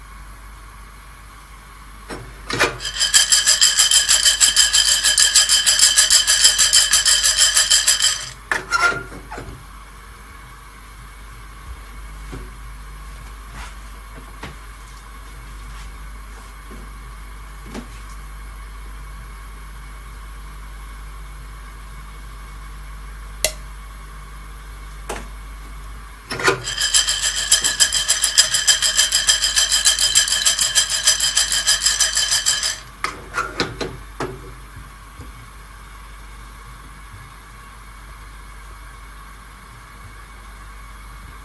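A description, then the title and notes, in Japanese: Raw coffee beans roast over a steady low hum, broken by two loud, bright whirring bursts near 3 and 27 seconds, with scattered faint clicks. 今朝は”キリマンジャロブレンド”生豆を焙煎。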